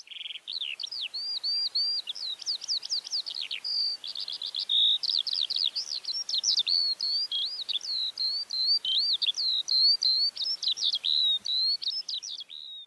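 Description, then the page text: Eurasian skylark singing a long unbroken stream of rapid, high warbled and trilled phrases, continuous throughout with no pauses, over faint background hiss. "Звуки птиц - Полевой жаворонок"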